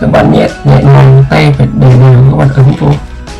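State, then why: Not seated. A laptop RAM module is handled and pressed gently and evenly toward its memory slot while someone talks over background music. The clip ends before the stick goes in, and nothing has seated or clicked yet.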